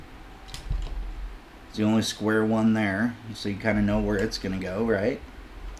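A square plastic accessory piece is handled near its matching square socket on a 1984 Hasbro Ecto-1 toy car while someone talks, with faint light ticks around 0.5 s and 5.8 s. Nothing has seated or clicked yet; the piece is not yet home.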